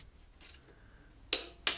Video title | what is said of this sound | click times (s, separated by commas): Part 2 of 2 - Dropping the Subframe on a Mini Cooper 🚗 replace Control Arm Bush, Inner Ball Joints. | and our second click. | 1.3 s, 1.7 s